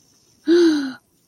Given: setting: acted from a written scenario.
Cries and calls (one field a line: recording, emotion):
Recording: vocal sound without words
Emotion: realization